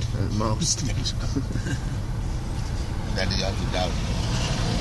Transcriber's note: laughs